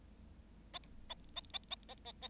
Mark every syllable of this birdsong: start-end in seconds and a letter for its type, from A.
0.73-0.79 A, 1.09-1.14 A, 1.36-1.41 A, 1.53-1.59 A, 1.70-1.75 A, 1.89-1.94 A, 2.05-2.12 A, 2.22-2.28 A